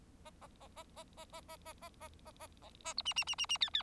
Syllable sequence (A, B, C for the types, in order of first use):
A A A A A A A A A A A A A A A B C C C C C D D